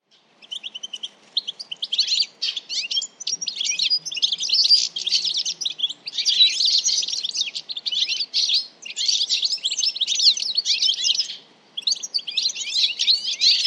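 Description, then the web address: Birds chirping in a dense, busy chatter of high, scratchy notes, in bursts that briefly pause near the middle and end. "Deverinetal. Bird Only"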